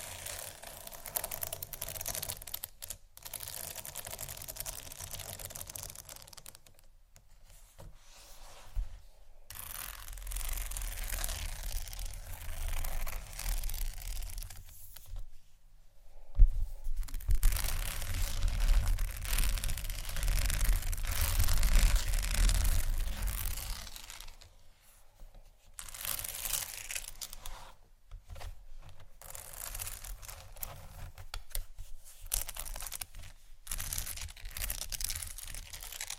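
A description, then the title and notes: Dry, bright scratching goes on in uneven bursts with brief silent gaps, and a heavier, rumbling stretch runs from about 16 to 24 seconds. ASMR Scratching Textures （No Talking）.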